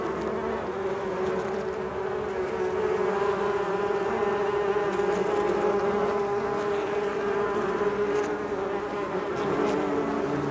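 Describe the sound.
Bees buzzing as a steady, thick low drone, unchanging in pitch across the whole stretch.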